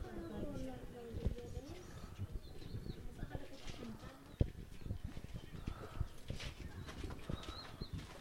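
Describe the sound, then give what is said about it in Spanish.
Footsteps tap along in a steady, rapid run of sharp knocks, with soft bird coos and chirps drifting above them the whole time. “¿Qué escucháis ahora? Pues... Es que es eso también. ¿Sí? Pasos. Pasos.”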